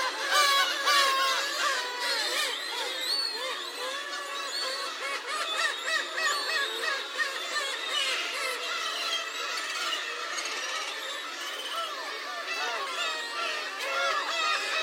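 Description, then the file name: Large flock of gulls with constant overlapping squeals, mews and yelps, no pause throughout, a thick chattering wall of calls. Large group of gulls, Hachinohe, Japan. "SEAGULLS HACHINOHE LARGE GROUP"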